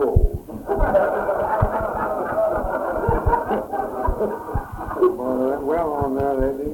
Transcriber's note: laughter